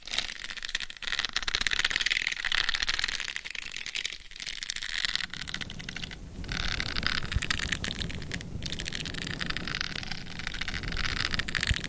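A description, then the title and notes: Intense scratching on a binaural head mic makes a dense, crackling hiss that barely lets up, with brief pauses and a low rumble later. ASMR Binaural Head Mic Scratching INTENSE Head & Scalp Massage for 100% Sleep No Talking.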